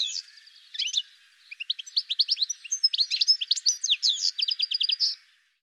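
Bird chirping: a few opening notes, a pause, then a long run of quick high chirps and sweeps that stops abruptly.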